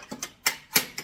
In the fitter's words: That folds in, locks into place.